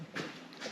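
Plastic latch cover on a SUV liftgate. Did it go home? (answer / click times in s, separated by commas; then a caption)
no / none. Someone presses the plastic trim cover over the rear liftgate latch of a 4Runner SUV, fitted with an electric liftgate kit, back into place, with a short tap at about 0.5 s. The cover's bottom tab has no spot to lock into underneath, so it does not snap in, and nothing has clicked or seated.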